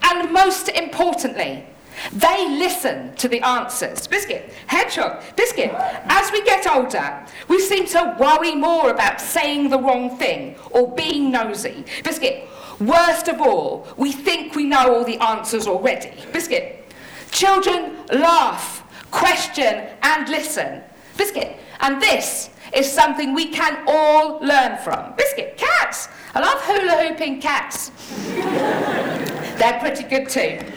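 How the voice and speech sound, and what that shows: An adult woman giving a talk speaks fluently, but her speech is broken about eight times by blurted 'biscuit' and 'hedgehog'. These are involuntary vocal tics of Tourette syndrome, a neurological condition that makes her produce movements and noises she can't control.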